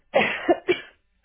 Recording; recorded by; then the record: voluntary cough; telephone call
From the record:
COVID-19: positive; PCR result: checked with the laboratory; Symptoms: yes